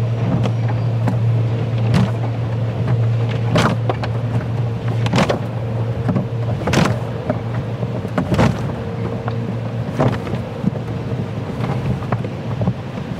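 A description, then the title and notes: An automatic car wash runs with a steady low machine hum and a constant wash of spray. Sharp knocks and thuds strike every second or two, some louder bursts near 3.5, 5, 7, 8.5 and 10 seconds, over a dense, unchanging roar. Automatic Car Wash. The gentle vibrations of the brushes and the rhythmic splashing of the water. The white noise generated by the machines.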